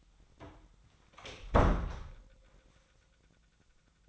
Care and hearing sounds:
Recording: daily activity, microphone in the room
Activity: close door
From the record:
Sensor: 3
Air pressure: 1009.2 hPa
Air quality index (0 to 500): 191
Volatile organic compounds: 4 ppm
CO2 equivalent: 1538 ppm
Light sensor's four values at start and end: 49/129/56/57 and 49/129/56/57

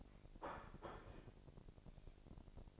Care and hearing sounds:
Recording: daily activity, microphone in the room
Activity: place plate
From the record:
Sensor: 5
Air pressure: 1007.5 hPa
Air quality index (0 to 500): 90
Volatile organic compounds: 1 ppm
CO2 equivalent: 706 ppm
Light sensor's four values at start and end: 31/73/29/29 and 31/73/29/29

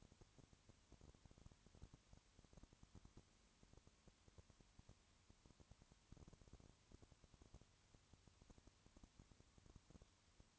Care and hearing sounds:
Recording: daily activity, microphone in the room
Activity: no activity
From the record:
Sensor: 3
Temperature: 20.5 degrees Celsius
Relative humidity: 34.6%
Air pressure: 1001.0 hPa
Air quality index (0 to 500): 195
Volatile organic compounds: 6 ppm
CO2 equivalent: 1853 ppm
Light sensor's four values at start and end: 2/3/2/2 and 2/3/2/2

